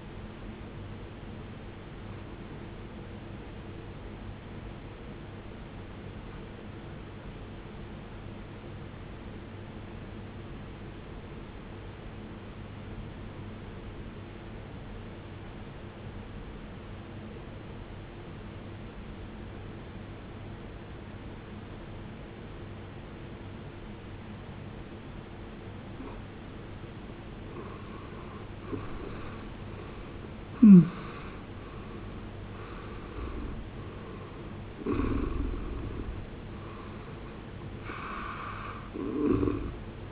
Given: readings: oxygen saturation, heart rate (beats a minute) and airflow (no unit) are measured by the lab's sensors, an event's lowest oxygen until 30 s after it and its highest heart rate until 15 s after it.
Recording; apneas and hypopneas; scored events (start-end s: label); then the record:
breathing in sleep by a voice recorder at the bedside; 1
7.00-28.50 s: obstructive apnea (N1, oxygen 94% highest, then 79% lowest, heart rate 63 at the start, 81 highest)
7.00-40.12 s: new sleep stage, N2 (light sleep)
From the record:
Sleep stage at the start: N1 (lightest sleep); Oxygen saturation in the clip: 75 to 94%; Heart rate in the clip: 54 to 81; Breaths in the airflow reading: 6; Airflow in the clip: -20.4 to 19.1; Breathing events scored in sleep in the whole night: 389 in 6.3 hours asleep